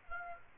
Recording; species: mosquito wingbeat signal from an infrared sensor; Aedes aegypti